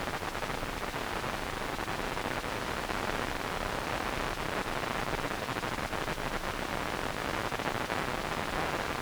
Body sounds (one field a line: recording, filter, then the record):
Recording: brain microelectrode recording played as sound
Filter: wide band, above 20 Hz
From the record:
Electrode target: subthalamic nucleus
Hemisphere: right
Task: reaching with the left hand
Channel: 2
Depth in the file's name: 5.102 mm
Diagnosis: Parkinson's disease